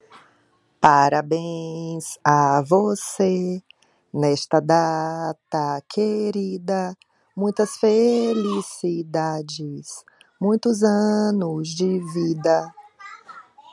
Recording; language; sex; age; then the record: short text; Brazilian Portuguese; female; 30 to 39 years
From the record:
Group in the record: control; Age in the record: 39 years